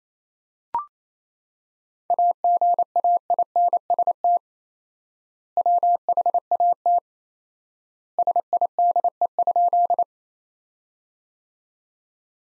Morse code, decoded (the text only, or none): AGAINST WHAT SIDE?